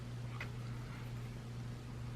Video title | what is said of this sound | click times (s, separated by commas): JMAC CUSTOMS MOD 2 ADAPTER - ADAPTER INSTALL | think I need there goes it clicked in right there ma'am yeah | 0.4 s